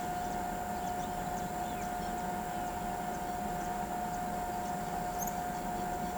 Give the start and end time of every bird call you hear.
5.18s-5.29s: bird call (5.1-20.3 kHz)

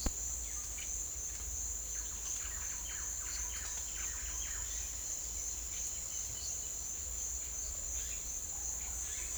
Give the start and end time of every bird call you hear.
0.00s-1.12s: bird call (0.8-5.3 kHz)
1.86s-4.78s: bird call (0.7-3.2 kHz)
7.88s-9.38s: bird call (1.2-5.2 kHz)

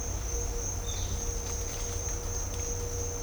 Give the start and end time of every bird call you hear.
0.83s-1.07s: bird call (2.8-4.6 kHz)

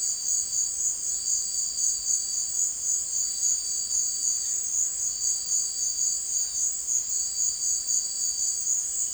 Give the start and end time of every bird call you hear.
4.34s-6.92s: bird call (0.4-2.9 kHz)

